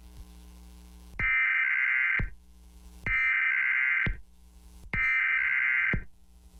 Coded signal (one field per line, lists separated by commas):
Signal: Emergency Alert System (SAME) tones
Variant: header bursts